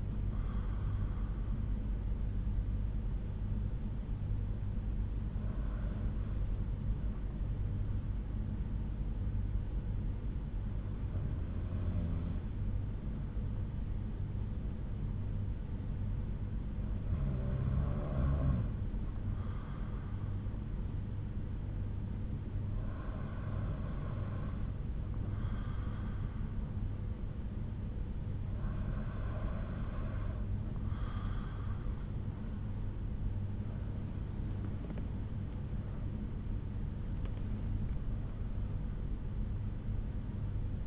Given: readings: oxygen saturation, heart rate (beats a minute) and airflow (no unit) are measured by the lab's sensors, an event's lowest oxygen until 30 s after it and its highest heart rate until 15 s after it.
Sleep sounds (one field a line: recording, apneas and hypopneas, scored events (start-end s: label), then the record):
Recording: breathing in sleep by a smartphone at the bedside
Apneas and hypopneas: 1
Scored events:
11.00-36.00 s: hypopnea (N2, oxygen 94% highest, then 92% lowest)
From the record:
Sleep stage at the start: N2 (light sleep)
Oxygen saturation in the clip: 93 to 94%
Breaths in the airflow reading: 7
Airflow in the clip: -6.0 to 6.9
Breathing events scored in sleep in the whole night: 368 in 8.0 hours asleep